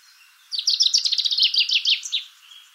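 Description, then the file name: Common chaffinch song, a single rapid trill of repeated notes ending with a short flourish. "Fringilla coelebs"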